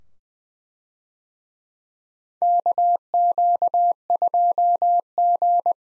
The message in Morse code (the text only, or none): KQ2G